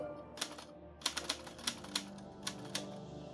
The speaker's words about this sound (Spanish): Siendo secretaria, ella tomó práctica con lo que es la máquina de escribir.